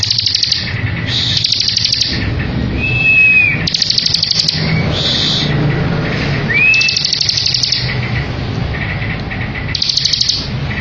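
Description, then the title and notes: Bar-winged prinia song of repeated dry, rattling trill phrases, with two whistles between them and a faint low rumble behind. Ngebren song style, used as a tutor song for white-rumped shama. "Ciblek Ngebren Untuk Masteran Murai Batu. Suara Nada"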